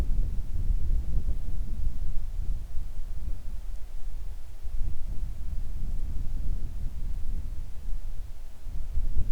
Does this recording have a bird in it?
no